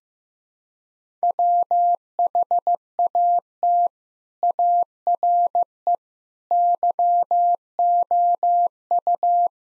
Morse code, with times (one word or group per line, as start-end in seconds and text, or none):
1.2-3.9 WHAT
4.4-6.0 ARE
6.5-9.5 YOU